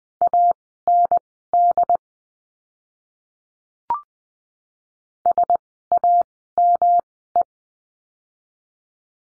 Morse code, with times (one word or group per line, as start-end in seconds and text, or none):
0.2-2.0 AND
5.3-7.4 SAME